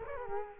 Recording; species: mosquito wingbeat signal from an infrared sensor; Culex quinquefasciatus